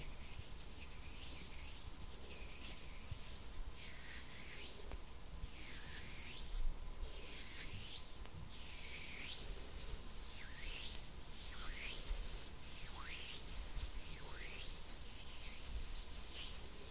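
Hands rub together over and over, each stroke a bright swishing sweep, about once a second, in a steady, dense rhythm. A faint low rumble and a thin steady tone sit underneath throughout, with an occasional soft knock.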